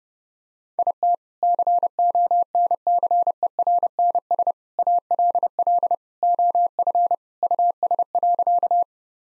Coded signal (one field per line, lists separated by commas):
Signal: Morse code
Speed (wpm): 30 wpm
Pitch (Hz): 700 Hz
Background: none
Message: IT CONCERNS ALL OF US.